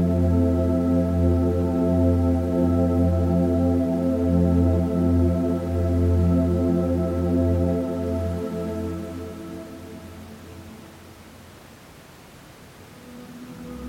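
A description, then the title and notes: A low, humming drone of dreamy tones holds steady under a soft hiss of pink noise. Deep bass layers dominate, with faint ringing overtones above. After about eight seconds the drone thins and quiets, the tones wavering before a slight swell near the end. Pink Noise Sleep Drone. Subtly-shifting pink noise and dreamy tones combine.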